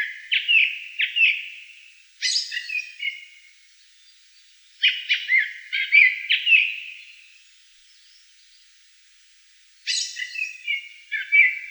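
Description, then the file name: Black-throated thrush song of varied whistled phrases with twangy, slurred and scratchy notes, each phrase about a second or two long, given in bursts with pauses between. "Drozd chernozobyj"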